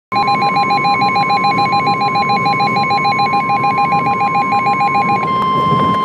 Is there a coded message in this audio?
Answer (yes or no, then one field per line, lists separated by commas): no